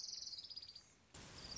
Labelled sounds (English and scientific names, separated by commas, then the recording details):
Orange-crowned Warbler (Leiothlypis celata)
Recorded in Sonoma County, California